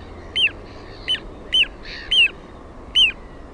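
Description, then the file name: Little ringed plover giving five clear, high, down-slurred whistled calls at intervals of about half a second to nearly a second against a soft hissing background. "PIKKUTYLLI"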